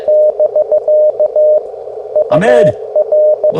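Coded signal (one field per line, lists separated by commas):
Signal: Morse code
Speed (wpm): 23 wpm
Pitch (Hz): 600 Hz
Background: speech, radio noise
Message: <BK> UR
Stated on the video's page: Morse Runner contest simulator used as a game for CW copy practice.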